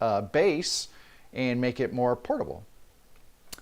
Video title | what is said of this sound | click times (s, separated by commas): Loose Ends and New Projects - Episode 70 | and then this comes back down and just clicks in place so that was my plan | 3.5 s